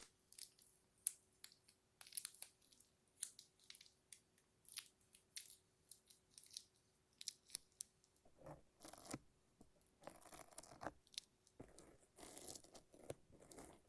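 Sticky crackling and peeling from a lint roller and tape, made of quick bright snaps and crinkles that come in irregular bursts. The first half has sparse, sharp clicks over a faint steady hum. After about eight seconds, longer rasping tears take over and grow denser.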